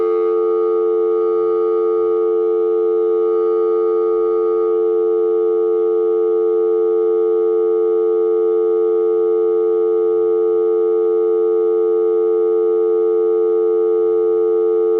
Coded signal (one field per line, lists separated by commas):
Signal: telephone call progress tone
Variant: North America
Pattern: dial tone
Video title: Phone Dial Tone Test (Sound Effect)